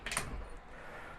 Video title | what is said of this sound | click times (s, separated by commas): MDT #HNT26 Chassis Review - Light weight hunting setup NRL Hunter Series | so very nice positive locking system mdt did a | 0.1 s